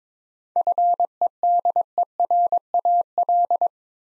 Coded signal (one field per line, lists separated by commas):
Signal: Morse code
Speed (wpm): 22 wpm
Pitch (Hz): 700 Hz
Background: none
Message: FEDERAL